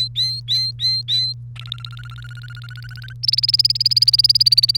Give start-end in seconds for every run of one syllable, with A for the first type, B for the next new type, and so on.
0.00-1.32 A, 1.56-3.13 B, 3.23-4.77 C